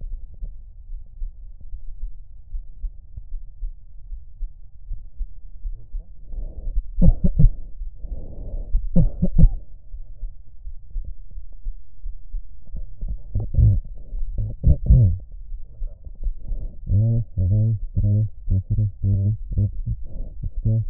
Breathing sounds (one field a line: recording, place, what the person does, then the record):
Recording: lung sounds by stethoscope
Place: right anterior apical chest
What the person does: quiet breathing, then cough and speech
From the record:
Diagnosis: none (healthy)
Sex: male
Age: 29 years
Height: 180 cm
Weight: 100 kg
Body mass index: 30.9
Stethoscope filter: extended mode